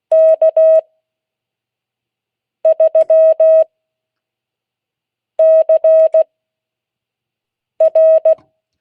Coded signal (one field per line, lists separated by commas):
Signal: Morse code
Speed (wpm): 16 wpm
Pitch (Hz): 640 Hz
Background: none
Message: K3CR